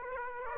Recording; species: mosquito wingbeat signal from an infrared sensor; Aedes aegypti